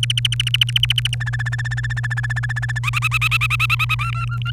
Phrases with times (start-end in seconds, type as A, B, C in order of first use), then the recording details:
0.03-1.15 A, 1.20-2.79 B, 2.83-3.95 C, 3.99-4.51 D. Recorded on 29 April 2018 at 10:28. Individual llb3